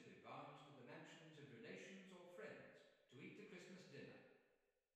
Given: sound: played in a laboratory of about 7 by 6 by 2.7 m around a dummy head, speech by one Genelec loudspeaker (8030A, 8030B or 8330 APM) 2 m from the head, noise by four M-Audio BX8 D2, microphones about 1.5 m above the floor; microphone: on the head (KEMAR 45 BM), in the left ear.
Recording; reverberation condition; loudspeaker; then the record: male speech in English; high; 90 degrees to the right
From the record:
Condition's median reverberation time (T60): about 1300 ms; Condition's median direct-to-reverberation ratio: about -4.0 dB